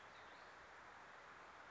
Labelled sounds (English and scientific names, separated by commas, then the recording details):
Warbling Vireo (Vireo gilvus)
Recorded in Sonoma County, California